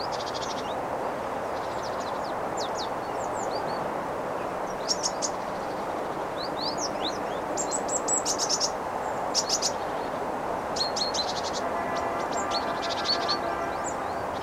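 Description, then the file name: Great tit calls, high chirps and buzzy churring bursts scattered throughout, over a steady background hiss. "Parus major"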